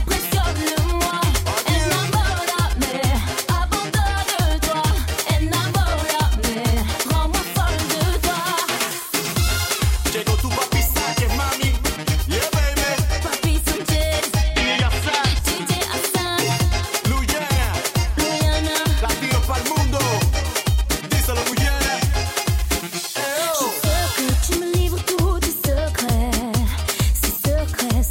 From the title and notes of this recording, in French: Voici une soirée de vendredi vraiment sympa au bowling st savin.